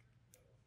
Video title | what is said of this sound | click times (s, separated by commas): FX Maverick Reassembly - FX Masterclass | make sure rotate it and get the positive click where the ball bearing's in proper position | 0.3 s